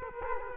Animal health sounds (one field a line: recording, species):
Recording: mosquito wingbeat signal from an infrared sensor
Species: Culex quinquefasciatus